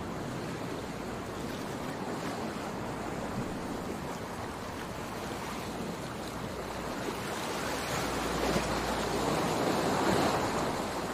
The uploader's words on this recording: Calming Ocean Waves, Clear Skies. Relaxing ocean ambiance.